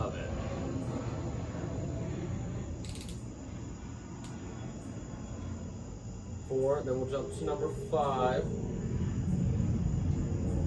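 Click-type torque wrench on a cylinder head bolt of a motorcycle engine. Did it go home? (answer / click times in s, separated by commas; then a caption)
yes / 2.9 s. A click-type torque wrench tightens cylinder head bolt number 4 on the top end of a CB400T motorcycle engine, held for half a second under steady background rumble that nearly masks the faint click. The wrench clicks at its setting at 2.9 s, and someone talks as the work moves on to bolt number 5.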